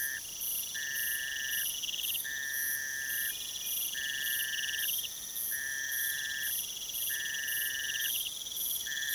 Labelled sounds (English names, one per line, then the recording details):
none
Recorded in pastures near Puerto Asís, Putumayo, Colombia, on 22 June 2025 at 01:30
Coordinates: 0.486, -76.323
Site H29